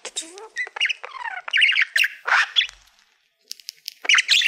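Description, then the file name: Budgerigar chatter, squawks and clicking chirps with a short silent gap before another burst. "Budgie Sounds"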